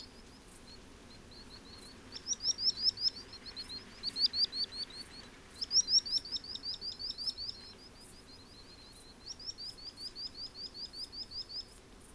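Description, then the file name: Common sandpiper song: high, thin notes run together into fast trills, given in several bursts with short pauses between them over a quiet, steady background hiss. Singing; Portland, 15 August 2017. "Common Sand inc singing Portland"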